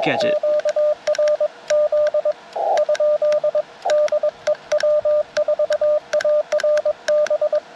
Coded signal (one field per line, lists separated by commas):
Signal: Morse code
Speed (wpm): 21 wpm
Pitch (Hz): 600 Hz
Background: speech, radio noise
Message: QRZ? DE W4ARB